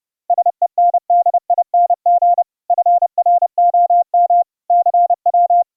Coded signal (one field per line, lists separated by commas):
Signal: Morse code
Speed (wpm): 30 wpm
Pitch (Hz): 700 Hz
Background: none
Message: SENDING FROM CW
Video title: Raspberry PI HUB CW Morse Code MIXER sending to the StreamMYAudio Server for muti-OP QSO NET over IP